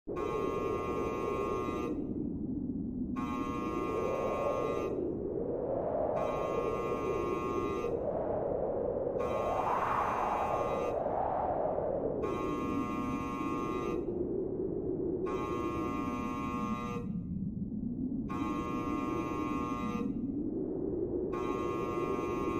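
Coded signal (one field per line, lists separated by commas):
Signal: channel marker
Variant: UVB-76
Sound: repeating harsh buzzes, roughly nine in 23 seconds, each about 1.5 seconds, over hissing static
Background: radio static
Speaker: Listen, can you hear it? This is not a sound effect. This is the sound of one of the greatest unsolved mysteries of the Cold War.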